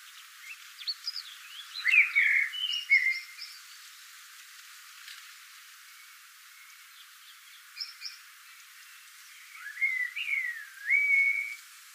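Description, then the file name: Eurasian blackbird with warbled, fluty phrases and a few thin high notes, then after a pause faint high notes and a final rising-and-falling whistle. "Turdus merula"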